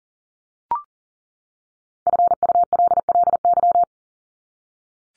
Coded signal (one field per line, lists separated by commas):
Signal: Morse code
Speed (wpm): 40 wpm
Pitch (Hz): 700 Hz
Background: none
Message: FULLY